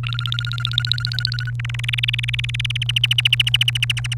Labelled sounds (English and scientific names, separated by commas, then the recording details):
Domestic Canary (Serinus canaria) song
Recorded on 29 April 2018 at 13:46
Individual llb3